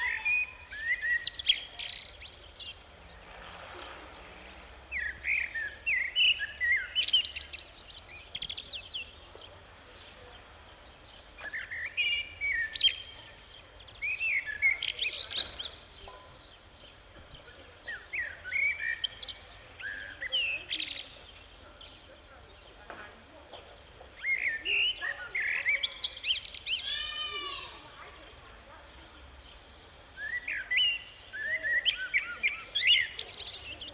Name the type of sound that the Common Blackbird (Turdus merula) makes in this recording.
song